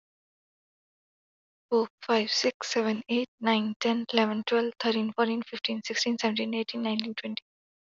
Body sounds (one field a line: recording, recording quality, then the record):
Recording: counting at a fast pace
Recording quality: excellent, no background noise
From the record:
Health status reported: healthy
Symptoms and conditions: none ticked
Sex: female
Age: 26 years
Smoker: not ticked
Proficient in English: yes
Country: India